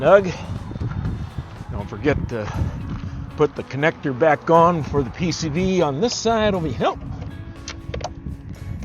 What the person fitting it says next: nice little click everything's in place